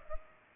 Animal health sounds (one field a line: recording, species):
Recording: mosquito wingbeat signal from an infrared sensor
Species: Culex pipiens